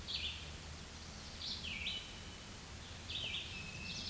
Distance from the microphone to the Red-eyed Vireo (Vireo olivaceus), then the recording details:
about 15 m. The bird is about 10 m above the microphone. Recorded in a Pennsylvania forest on 16 May 2024 at 07:46. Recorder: AudioMoth, point MSD-2287. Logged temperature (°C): 11.2 °C. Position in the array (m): 149 m, 30 m